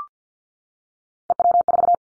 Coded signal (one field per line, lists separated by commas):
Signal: Morse code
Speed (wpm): 50 wpm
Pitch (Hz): 700 Hz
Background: none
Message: EW4